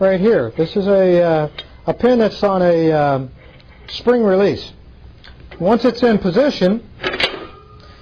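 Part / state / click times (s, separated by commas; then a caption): spring-loaded retaining pin locking a cart's collapsible platform / seated / 7.8 s. A spring-release retaining pin on the transport cart of a Megger ODEN AT 2H high-current generator holds the cart's collapsible platform, which is moved into position while someone talks. The pin snaps into place at 7.8 s, seating and locking the platform so it won't tip forward when the current units are loaded.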